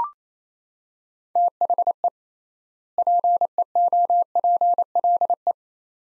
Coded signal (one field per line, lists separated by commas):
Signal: Morse code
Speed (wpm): 27 wpm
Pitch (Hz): 700 Hz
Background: none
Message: THE PEOPLE